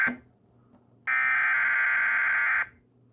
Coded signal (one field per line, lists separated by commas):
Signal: Emergency Alert System (SAME) tones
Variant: header bursts